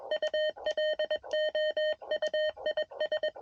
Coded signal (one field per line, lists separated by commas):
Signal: Morse code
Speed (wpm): 21 wpm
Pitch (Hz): 630 Hz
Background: none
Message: U LOUIS